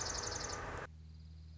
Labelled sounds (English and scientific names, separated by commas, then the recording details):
Dark-eyed Junco (Junco hyemalis)
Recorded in Sonoma County, California